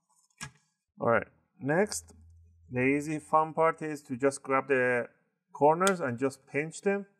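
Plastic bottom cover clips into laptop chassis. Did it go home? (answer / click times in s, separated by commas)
no / none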